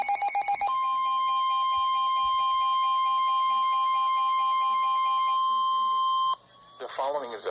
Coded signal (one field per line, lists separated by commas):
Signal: Emergency Alert System (SAME) tones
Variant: 1050 Hz attention tone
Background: speech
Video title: EAS #29 Flash Flood Warning